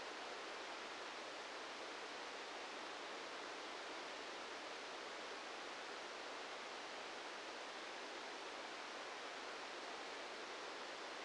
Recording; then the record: brain microelectrode recording played as sound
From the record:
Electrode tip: outside the subthalamic nucleus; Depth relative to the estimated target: -4 mm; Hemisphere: right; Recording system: NeuroSet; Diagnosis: Parkinson's disease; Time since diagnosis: 7 years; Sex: male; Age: 44 years